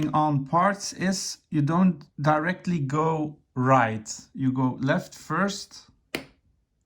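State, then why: Seated. Someone talks while an internal part of a CTM TAC AP7 sub kit, an airsoft pistol conversion kit for an AAP01, is turned left first and then pushed home. One sharp click is heard at 6.2 s, and it means the part is seated properly.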